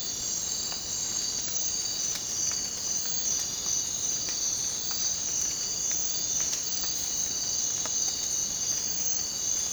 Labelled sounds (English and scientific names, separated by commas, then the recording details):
none
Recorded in secondary vegetation near Puerto Asís, Putumayo, Colombia, on 19 March 2025 at 03:30
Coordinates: 0.484, -76.319
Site G010